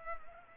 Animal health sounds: mosquito wingbeat signal from an infrared sensor; Culex pipiens

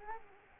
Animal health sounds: mosquito wingbeat signal from an infrared sensor; Culex quinquefasciatus

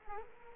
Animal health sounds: mosquito wingbeat signal from an infrared sensor; Culex quinquefasciatus

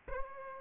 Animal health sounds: mosquito wingbeat signal from an infrared sensor; Aedes aegypti

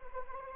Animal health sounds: mosquito wingbeat signal from an infrared sensor; Anopheles arabiensis

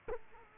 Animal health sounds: mosquito wingbeat signal from an infrared sensor; Culex quinquefasciatus

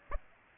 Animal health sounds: mosquito wingbeat signal from an infrared sensor; Aedes aegypti

